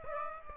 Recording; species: mosquito wingbeat signal from an infrared sensor; Aedes aegypti